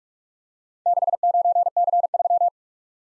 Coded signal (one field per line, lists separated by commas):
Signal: Morse code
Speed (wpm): 46 wpm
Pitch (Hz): 700 Hz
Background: none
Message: 69C3